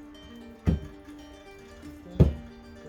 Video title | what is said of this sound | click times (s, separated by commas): Polishing The Widebody Subaru Impreza - Starting to Reassemble! | clips push this down easy enough not too bad clicked right in | 2.2 s